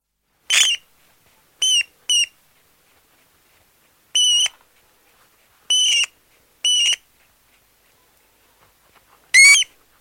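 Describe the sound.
Rat squeaking in short, tonal, piercing bursts, about seven in all, two given in a quick pair, with quiet gaps between.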